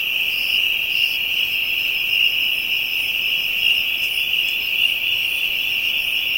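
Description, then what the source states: Insect chorus: a steady, unbroken high trill holds throughout, with fainter pulsing chirps repeating above it at irregular intervals. African insects; ambient soundscape.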